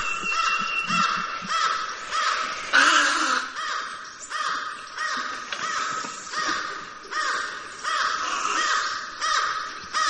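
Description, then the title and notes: Snowy egret harsh, croaking calls repeated in a rapid, uneven series of rasping bursts throughout, with a thin steady whistle-like tone in the background at the start. "Llamado de la garcita nívea (Egretta thula). de la Biblioteca Macaulay del Laboratorio de Ornitología de la Universidad de Cornell"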